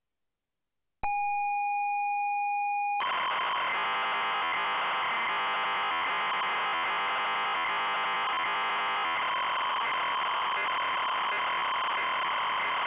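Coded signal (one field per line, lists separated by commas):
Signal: ZX Spectrum tape loading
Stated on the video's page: Full ZX Spectrum tape loading of The Addams Family game.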